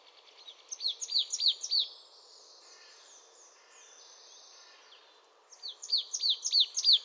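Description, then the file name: Marsh tit calls: rapid runs of sharp, high downslurred notes, about six in each burst, with a quiet gap of a few seconds between two bursts. "Poecile palustris"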